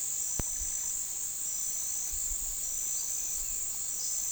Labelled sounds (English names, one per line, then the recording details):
none
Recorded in pastures near Puerto Asís, Putumayo, Colombia, on 19 February 2024 at 09:30
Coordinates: 0.468, -76.328
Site G6414